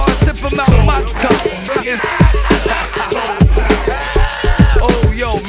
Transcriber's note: all laughing